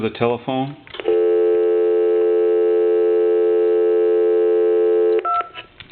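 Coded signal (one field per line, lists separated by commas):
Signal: telephone call progress tone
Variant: North America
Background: speech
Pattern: dial tone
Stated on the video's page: Call progress tone from a Radio Shack telephone during final checkout after repair.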